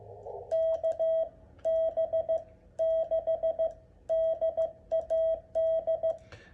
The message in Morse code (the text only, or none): KB6DAD